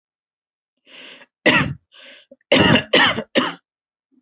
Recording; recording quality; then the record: shallow voluntary cough; excellent, no background noise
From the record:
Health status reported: healthy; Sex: male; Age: 23 years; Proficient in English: yes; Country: India